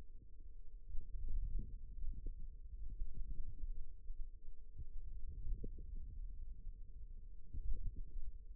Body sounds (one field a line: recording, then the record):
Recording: forearm muscle sounds (acoustic myography)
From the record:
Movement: ulnar deviation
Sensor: system 2, bracelet of six BSWA MPA416 microphones around the upper forearm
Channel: 4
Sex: female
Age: 22 years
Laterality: right